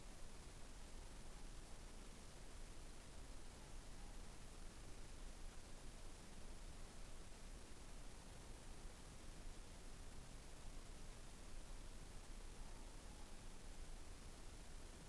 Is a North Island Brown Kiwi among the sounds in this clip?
no